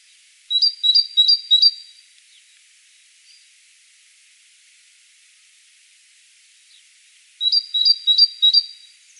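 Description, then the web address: Great tit calling in two bursts of bright, high two-note phrases, each burst repeated four times quickly, with a long quiet gap between them. "SETE data Parus major"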